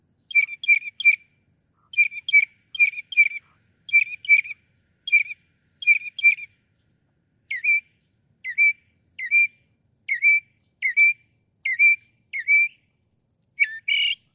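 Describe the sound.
Northern mockingbird song: quick repeated clusters of short notes, then a switch to single slurred notes repeated steadily, ending on a different burst.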